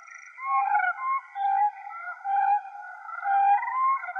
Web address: Schulze Peter Siberian Crane